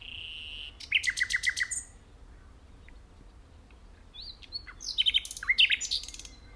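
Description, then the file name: Common nightingale song: a sustained whistle, then a rapid series of loud repeated notes, a pause, and another burst of varied rising phrases and sharp chattering notes. "Luscinia megarhynchos"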